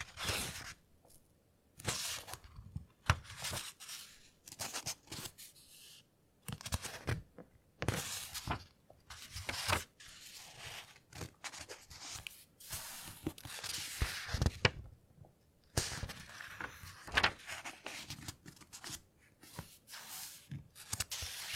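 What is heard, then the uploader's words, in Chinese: Book pages turned by hand, with crisp papery rustles and swishes arriving irregularly about every second between brief silences. 书籍慢速翻页。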